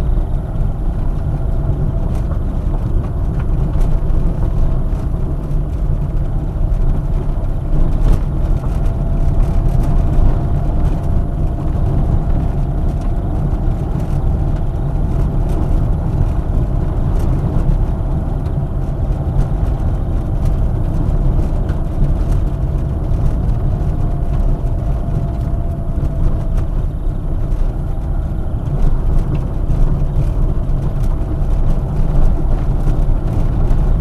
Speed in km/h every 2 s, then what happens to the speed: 27, 24, 22, 23, 27, 29, 29, 31, 32, 32, 28, 28, 27, 26, 23, 26, 26.
0-5 steady at about 24. 5-16 speeds up to 32. 16-29 slows to 23.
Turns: none.